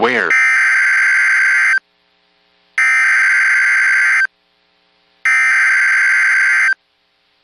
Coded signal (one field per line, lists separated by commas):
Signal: Emergency Alert System (SAME) tones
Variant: header bursts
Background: speech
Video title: (EAS #4) WTAP Pinpoint Weather - Flood Warning (2/3/2022)